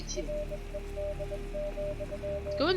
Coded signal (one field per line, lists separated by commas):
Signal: Morse code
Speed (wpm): 23 wpm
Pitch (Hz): 600 Hz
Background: speech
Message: RED,